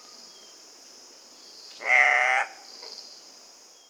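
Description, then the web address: Andean cock-of-the-rock giving one harsh, nasal squawk lasting under a second, over a steady high insect drone. Recorded in South America. "S America Andean Cock-of-the-Rock (Rupicola"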